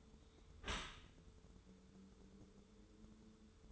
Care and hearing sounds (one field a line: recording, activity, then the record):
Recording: daily activity, microphone in the room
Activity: close dishwasher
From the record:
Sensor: 3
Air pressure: 1015.0 hPa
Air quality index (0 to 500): 35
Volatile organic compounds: 1 ppm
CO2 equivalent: 561 ppm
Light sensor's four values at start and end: 11/26/11/11 and 11/26/11/11